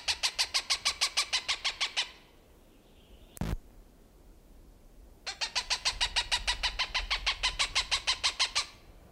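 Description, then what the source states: Cooper's hawk repeating harsh cak notes rapidly, falling silent briefly around a sharp click, then resuming the same fast, regular series. Recorded June 21, 1995.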